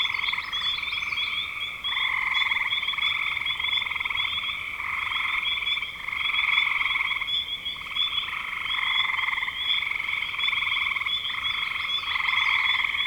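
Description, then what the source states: Frogs calling in a steady chorus of pulsed trills, bursts running together with short dips between them. Frogs in spring 2025.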